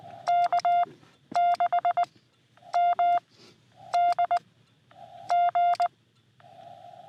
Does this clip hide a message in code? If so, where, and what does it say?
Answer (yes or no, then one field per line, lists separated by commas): yes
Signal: Morse code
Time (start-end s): 0.3-5.9 s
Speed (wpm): 20 wpm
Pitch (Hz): 700 Hz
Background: none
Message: K6MDG